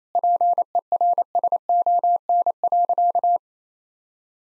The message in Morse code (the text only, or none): PERSON.